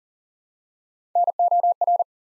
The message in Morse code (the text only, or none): NOR